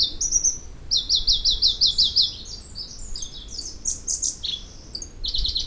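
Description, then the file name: Pallas's leaf warbler giving a rapid high trill, a string of clipped repeated notes, then varied whistles and another quick burst. "warbler-pallas-leaf Phylloscopus-proregulus"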